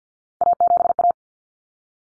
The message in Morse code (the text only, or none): A7A